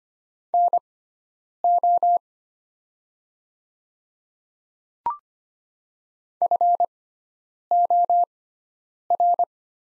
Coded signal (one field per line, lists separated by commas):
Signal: Morse code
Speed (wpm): 25 wpm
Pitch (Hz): 700 Hz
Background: none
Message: NO FOR